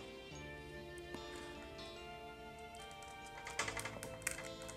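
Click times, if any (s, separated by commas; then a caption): none. Background music plays while the first plastic head of an S.H.Figuarts 2021 Event Exclusive Color Edition Whis action figure is brought back and pressed toward its neck peg. Light handling taps are heard near 3.6, 3.8, 4.0 and 4.3 seconds. Nothing has seated or clicked yet.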